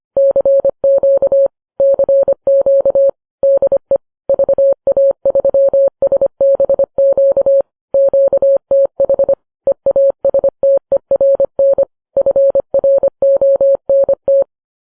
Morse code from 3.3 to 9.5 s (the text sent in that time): DE VA3SBQ QTH